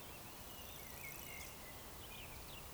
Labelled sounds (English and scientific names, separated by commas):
Eurasian Woodcock (Scolopax rusticola) whistle